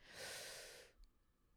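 One deep, airy inhalation lasting nearly a second, then quiet: a deliberate breath taken by a woman 28 weeks pregnant who is short of breath, a third-trimester symptom as the baby crowds the lungs and diaphragm.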